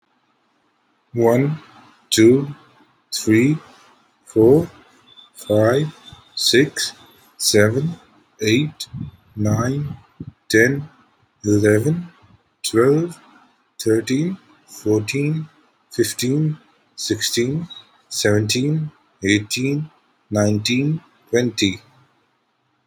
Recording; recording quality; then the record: counting at a normal pace; excellent, no background noise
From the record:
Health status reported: healthy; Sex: male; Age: 25 years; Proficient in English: yes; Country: India